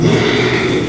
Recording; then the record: squeal of a Yucatan mini pig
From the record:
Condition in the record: after surgery on the right vocal fold (resection and tissue-engineered implant); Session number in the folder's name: 1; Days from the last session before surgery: 6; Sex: male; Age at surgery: 12 weeks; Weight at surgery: 13 kg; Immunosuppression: cyclosporine, prednisolone